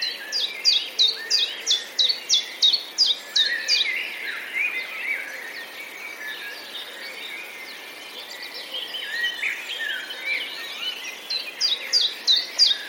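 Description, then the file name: Common chiffchaff singing a run of clipped, high notes repeated rhythmically at the start, then pausing amid other birds' warbling before the notes return near the end. 8 May 2022. "pierwiosnek 08 05 2022"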